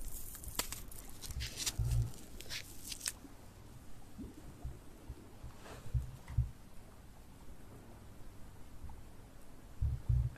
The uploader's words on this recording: TimASMR - The Most Stimulating Ear Massage Trigger.